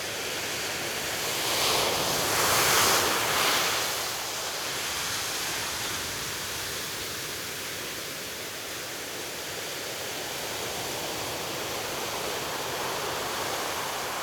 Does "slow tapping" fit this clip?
no